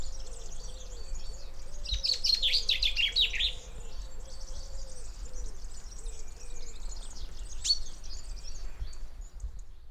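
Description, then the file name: Common chaffinch song: a bright, rattling phrase of quick notes tumbling downward over about a second and a half, with other birds calling throughout and low repeated notes underneath. "Fringilla coelebs"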